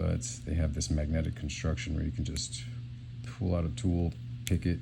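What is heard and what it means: Someone talks while a folding implement is pulled out of a magnetic multitool handle and kicked open one-handed, with light handling noises under the voice. Nothing has seated or clicked yet; the clip ends before the implement locks into place.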